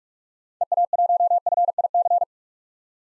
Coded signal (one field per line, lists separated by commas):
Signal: Morse code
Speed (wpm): 42 wpm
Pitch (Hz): 700 Hz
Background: none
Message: EA1FIC